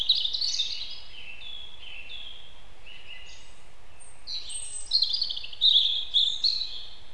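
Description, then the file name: European robin song, a warbled phrase of high sliding notes, then a pause and a quick, tinkling trilled flourish. "Erithacus rubecula"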